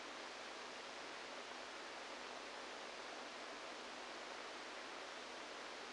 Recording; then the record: brain microelectrode recording played as sound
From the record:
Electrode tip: inside the subthalamic nucleus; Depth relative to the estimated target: 2 mm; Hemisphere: right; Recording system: NeuroSet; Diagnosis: Parkinson's disease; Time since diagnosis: 14 years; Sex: male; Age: 51 years